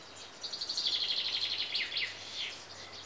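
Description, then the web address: Common chaffinch song, a brisk series of repeated notes ending in a slurred flourish, followed by softer notes. Chaffinches in Greece, with insects. "BBC Sound Effects Library. Greece. Birds (Chaffinches) And Insects"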